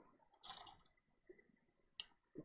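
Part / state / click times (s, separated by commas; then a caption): plastic blades into their locked position on a transforming robot toy / seated / 2.0 s. Plastic blades on a Zeta Toys ZA-02 Armageddon Whirlblade (Vortex) transforming robot toy are straightened out and pop into their locked position. A single sharp click at 2.0 s marks the blades seating, with softer plastic handling sounds before and after.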